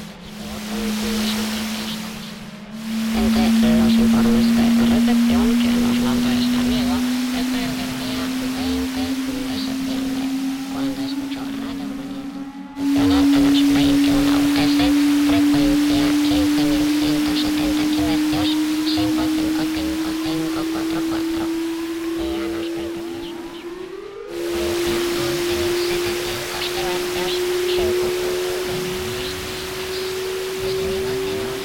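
Radio wave noise with a steady tone that slowly rises in pitch, thick crackling static, and brief dropouts near 3, 12 and 24 seconds.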